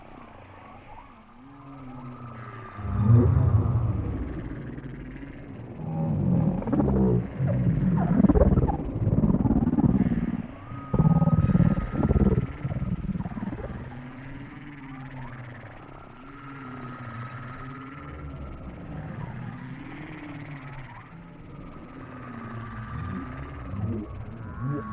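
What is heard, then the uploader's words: Deep whale calls groan and swoop low, loudest in a cluster between about three and twelve seconds, over steady muffled underwater rumble with thin high tones. WHALE SOUNDS, WHITE NOISES. WHALE SOUNDS WITHOUT MUSIC.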